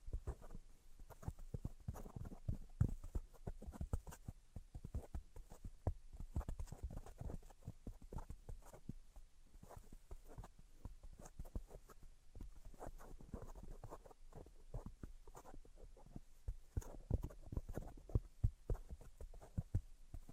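Tapping and scratching sounds run continuously for the full twenty seconds, a dense, irregular stream of short knocks and scrapes. Most hits are low and dull, with occasional sharper, brighter taps, and a faint high hiss sits steadily underneath.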